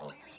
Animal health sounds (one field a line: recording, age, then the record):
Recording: pig call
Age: piglet (1 to 25 days)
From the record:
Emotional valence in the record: negative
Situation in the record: short isolation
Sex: male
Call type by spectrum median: high-frequency call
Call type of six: mixed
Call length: 0.39 s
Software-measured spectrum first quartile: 754 Hz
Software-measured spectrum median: 3683 Hz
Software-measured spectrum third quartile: 6422 Hz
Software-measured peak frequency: 5466 Hz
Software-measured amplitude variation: 107 dB a second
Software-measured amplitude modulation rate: 20.5 a second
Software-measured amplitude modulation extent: 5.2 dB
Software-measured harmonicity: 2.2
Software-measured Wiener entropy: -2.31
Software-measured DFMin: 709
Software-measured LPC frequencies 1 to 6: 659, 2640, 3723, 5392, 6794, 7405 Hz